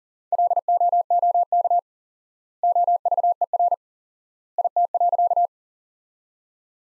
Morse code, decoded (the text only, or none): LOOK OVER IT.